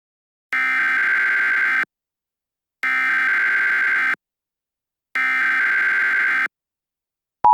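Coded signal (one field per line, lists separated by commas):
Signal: Emergency Alert System (SAME) tones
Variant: header bursts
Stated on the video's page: A fictional EAS scenario about a Duke Energy terror event.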